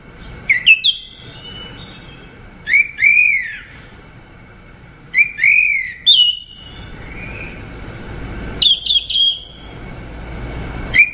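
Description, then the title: Orange-headed thrush giving sparse, clear whistled phrases with rising and falling slurs, spaced a few seconds apart over quiet background. "Anis Merah"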